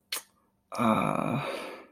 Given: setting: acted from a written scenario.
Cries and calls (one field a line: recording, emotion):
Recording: vocal sound without words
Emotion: shame